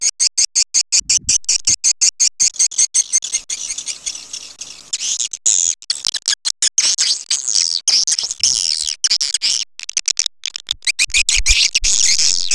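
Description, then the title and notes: Swiftlets giving a fast series of sharp clicks, then a dense high twittering chorus broken by brief cuts. Swiftlet farming, Asia. "Swiflet Bird Sound. Farming Swiflet Bird asia sound"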